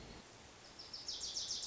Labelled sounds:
Wilson's Warbler (Cardellina pusilla)
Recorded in Sonoma County, California

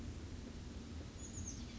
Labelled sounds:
Chestnut-backed Chickadee (Poecile rufescens)
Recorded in Sonoma County, California

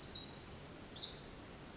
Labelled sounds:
Pacific Wren (Troglodytes pacificus)
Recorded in Sonoma County, California

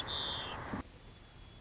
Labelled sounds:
White-crowned Sparrow (Zonotrichia leucophrys)
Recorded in Sonoma County, California

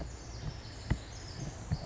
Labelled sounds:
Pacific Wren (Troglodytes pacificus)
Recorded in Sonoma County, California

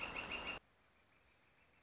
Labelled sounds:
Northern Flicker (Colaptes auratus)
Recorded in Sonoma County, California

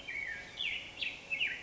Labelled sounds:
Black-headed Grosbeak (Pheucticus melanocephalus)
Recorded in Sonoma County, California

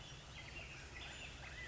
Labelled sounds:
California Quail (Callipepla californica)
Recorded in Sonoma County, California

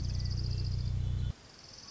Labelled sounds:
Orange-crowned Warbler (Leiothlypis celata)
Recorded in Sonoma County, California

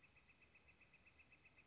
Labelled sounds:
Northern Flicker (Colaptes auratus)
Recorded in Sonoma County, California

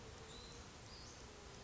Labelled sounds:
Hutton's Vireo (Vireo huttoni)
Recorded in Sonoma County, California

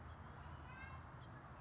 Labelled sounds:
House Finch (Haemorhous mexicanus)
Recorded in Sonoma County, California

